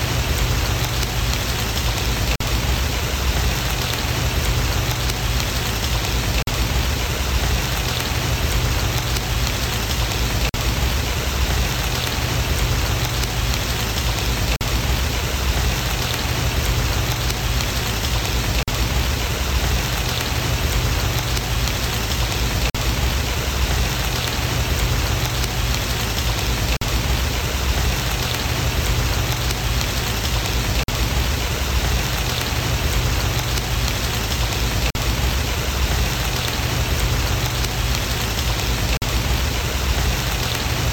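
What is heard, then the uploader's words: Steady rain falls throughout, a dense, even hiss of countless drops with no pauses or swells. A low rumble sits underneath the whole time, and the patter stays constant across the full forty seconds. Relaxing Rain.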